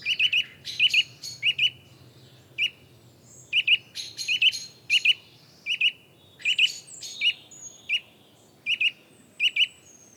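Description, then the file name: Eurasian nuthatch calling with bright, clipped notes, usually doubled, in a steady, slightly irregular run. "Sitta europaea"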